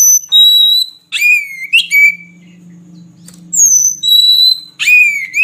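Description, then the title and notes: Oriental magpie-robin song of clear high whistles and sharp downslurred notes in a few phrases, over a soft low hum. Long-duration song used as fill material for training kept birds to sing, for day and night. "Kacer Jadi Gacor Siang Malam. Isian Kacer Durasi Panjang"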